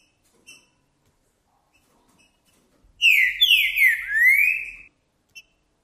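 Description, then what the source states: Green-winged saltator gives a bright whistled phrase of falling slurred notes and a final upswept whistle, with faint high chirps before and after. Trinca-ferro singing and 'macheando' in a singing contest; the song style is called 'Perdi meu boi'; meant for warming up other trinca-ferros.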